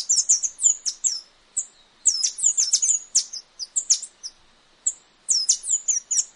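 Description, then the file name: Tanager (saíra-dourada) giving rapid clusters of piercing, downward-slurred chirps, broken by short silences. "canto da saira dourada"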